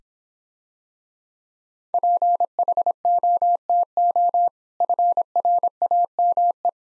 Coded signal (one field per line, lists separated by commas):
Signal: Morse code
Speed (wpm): 26 wpm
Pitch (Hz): 700 Hz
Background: none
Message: PHOTO FRAME